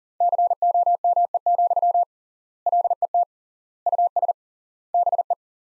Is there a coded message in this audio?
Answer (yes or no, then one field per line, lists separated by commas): yes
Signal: Morse code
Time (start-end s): 0.2-5.3 s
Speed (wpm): 40 wpm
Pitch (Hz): 700 Hz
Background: none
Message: COME, LET US BE